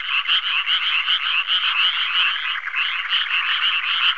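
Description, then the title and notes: Croaking frogs, a chorus of short rattled calls with slight dips in loudness. "NHK Sound Effects Collection - 3-Frogs, Crickets, Cicadas, Horses, Dogs. NHK効果音集 - 3-カエル・虫・セミ・ウマ・イヌ"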